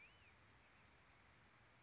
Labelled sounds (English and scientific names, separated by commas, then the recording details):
Black-headed Grosbeak (Pheucticus melanocephalus)
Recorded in Sonoma County, California